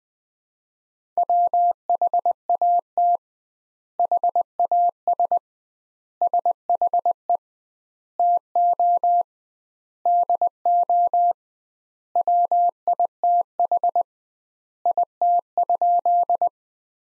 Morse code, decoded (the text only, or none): WHAT HAS SHE TO DO WITH IT?